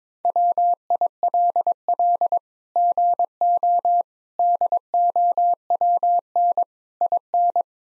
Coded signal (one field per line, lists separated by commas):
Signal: Morse code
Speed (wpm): 22 wpm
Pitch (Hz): 700 Hz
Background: none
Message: WILL GO DOWN IN